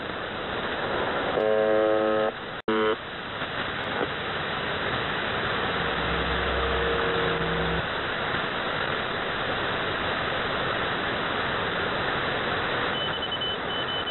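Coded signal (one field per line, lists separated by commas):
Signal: channel marker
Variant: UVB-76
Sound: two short harsh buzzes in hiss, then steady radio static with a faint low hum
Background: radio static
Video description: "The Buzzer" is a Russian military radiostation that broadcasts on 4625 kHz.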